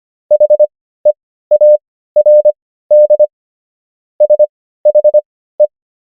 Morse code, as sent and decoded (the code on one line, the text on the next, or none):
.... . .- .-. -.. / ... .... .
HEARD SHE